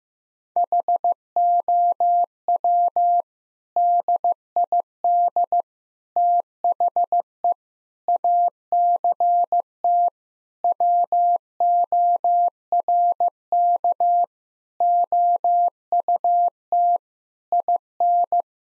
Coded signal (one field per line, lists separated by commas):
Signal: Morse code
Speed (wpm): 16 wpm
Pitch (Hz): 700 Hz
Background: none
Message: HOW DID THE ACT WORK OUT IN